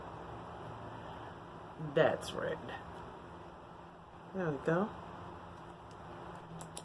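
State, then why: Seated. A plastic lipstick case is closed by pressing its cap on after the lipstick has been pushed up and the shade shown, while someone talks. A sharp click is heard at 6.8 s as the cap clicks into place and seats.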